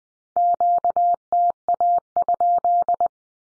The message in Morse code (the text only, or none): QTA?